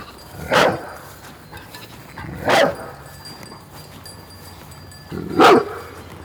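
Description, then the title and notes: Dog barking three times, each a single gruff bark spaced about two to three seconds apart, over a quiet background. Patou watchdog guarding a herd of Scottish Blackface sheep, Raymond Island, Paillet, France; wet soundwalk, binaural, Zoom H4n with Soundman OKM II classic and Rode NT4. "Paillet, France - RAYMOND ISLAND_WET_SOUNDWALK_PATOU_SHEEP_2_BINAURAL. Herd of"Scotish black face" with "Patou" the watchdog, always there ! // Un troupeau de "Scotish black face" toujours gardé par Patou !"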